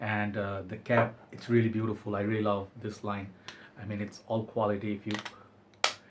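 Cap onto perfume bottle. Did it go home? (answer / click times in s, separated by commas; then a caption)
yes / 5.8 s. Someone talks, then presses a metal cap onto a heavy glass-and-metal Dunhill Icon fragrance bottle, and it snaps into place with a sharp click at 5.8 s. The cap is seated, and the crisp click is praised as a sign of quality.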